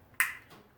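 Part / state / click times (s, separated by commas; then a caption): tabbed insert into brake master cylinder reservoir / seated / 0.2 s. A small tabbed plastic insert is lined up with the tabs inside the rear brake master cylinder reservoir of a KZ1000/KZ650 during the rebuild of a seized master cylinder, then pushed down with a finger. A single sharp, bright click at 0.2 s fades quickly into quiet background noise. The insert snaps into place and is seated.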